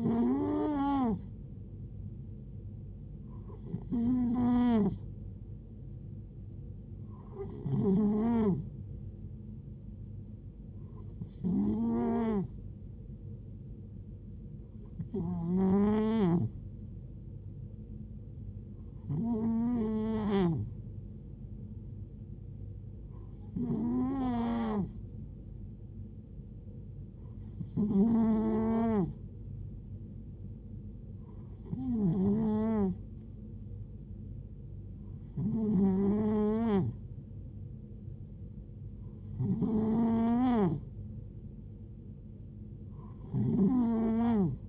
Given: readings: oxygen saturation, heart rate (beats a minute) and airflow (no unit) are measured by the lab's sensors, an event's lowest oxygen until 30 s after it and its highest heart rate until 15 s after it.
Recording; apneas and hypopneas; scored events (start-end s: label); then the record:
breathing in sleep by a smartphone at the bedside; none
none scored
From the record:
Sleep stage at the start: N2 (light sleep); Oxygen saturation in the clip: 90 to 92%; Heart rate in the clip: 59 to 73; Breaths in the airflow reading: 11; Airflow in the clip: -5.8 to 4.4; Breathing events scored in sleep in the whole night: 389 in 6.3 hours asleep